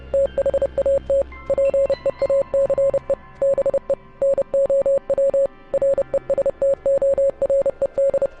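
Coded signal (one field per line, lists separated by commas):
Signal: Morse code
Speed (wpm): 30 wpm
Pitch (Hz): 550 Hz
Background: music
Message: THAT PEACE BE NOW RESTORED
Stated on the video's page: Morse from the game Oxenfree.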